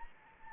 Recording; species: mosquito wingbeat signal from an infrared sensor; Anopheles gambiae